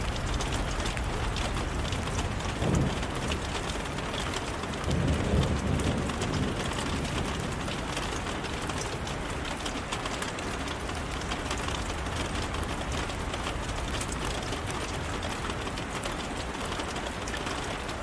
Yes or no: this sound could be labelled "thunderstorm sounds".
yes